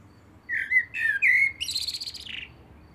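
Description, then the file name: Common blackbird song: a few low, rich whistled notes followed by a thin, high, scratchy flourish that fades away. "Turdus merula"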